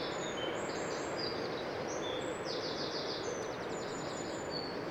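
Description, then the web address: Eurasian wren singing: high, rapid trills and thin notes strung together, with one rattling stretch, over a constant hissing background. "SETE Troglodytes troglodytes"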